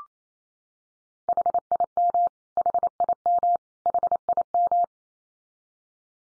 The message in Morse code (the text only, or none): HIM HIM HIM